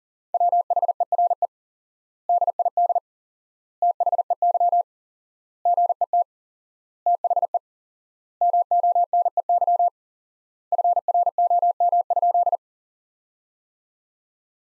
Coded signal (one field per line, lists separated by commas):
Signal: Morse code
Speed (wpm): 40 wpm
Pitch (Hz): 700 Hz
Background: none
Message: WHERE DID THEY GET THE MONEY FROM?